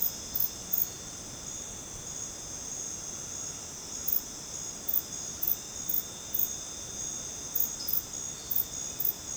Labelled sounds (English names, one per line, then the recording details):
none
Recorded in dense forest near Puerto Asís, Putumayo, Colombia, on 13 March 2025 at 20:30
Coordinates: 0.486, -76.317
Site G053